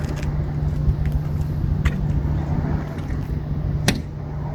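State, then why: Seated. A side compartment door on a 6.5-foot fiber optic splicing truck cap is pushed closed against a steady low hum, with a few faint knocks and a louder thud around 1.9 seconds. The cap door's latch seats into the cap body with a sharp, loud clunk at 3.9 seconds, locking the door shut.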